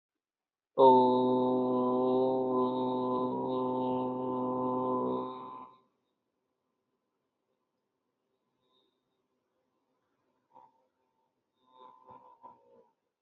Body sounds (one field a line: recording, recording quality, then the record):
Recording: sustained vowel as in boot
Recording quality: excellent, no background noise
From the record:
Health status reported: healthy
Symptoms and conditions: none ticked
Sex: male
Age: 26 years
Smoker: not ticked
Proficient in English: yes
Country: India